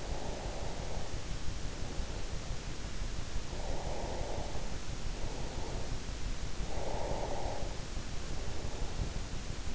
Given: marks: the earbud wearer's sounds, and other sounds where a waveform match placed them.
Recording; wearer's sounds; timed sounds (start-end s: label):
sounds in sleep by an in-ear microphone; breath
0.00-2.24 s: breath
3.54-5.90 s: breath
6.63-9.07 s: breath